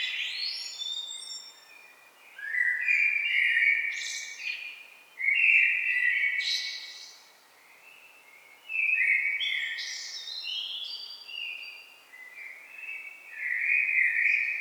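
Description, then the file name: Common blackbird singing almost continuously, fluted warbling phrases mixed with thin high squeaks and twitters. "Turdus merula"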